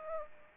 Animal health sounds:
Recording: mosquito wingbeat signal from an infrared sensor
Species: Aedes aegypti

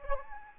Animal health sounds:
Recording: mosquito wingbeat signal from an infrared sensor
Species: Anopheles gambiae

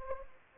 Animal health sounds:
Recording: mosquito wingbeat signal from an infrared sensor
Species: Anopheles gambiae

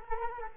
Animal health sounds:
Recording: mosquito wingbeat signal from an infrared sensor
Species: Culex quinquefasciatus

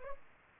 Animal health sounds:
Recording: mosquito wingbeat signal from an infrared sensor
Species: Culex pipiens

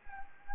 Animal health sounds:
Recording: mosquito wingbeat signal from an infrared sensor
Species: Anopheles gambiae

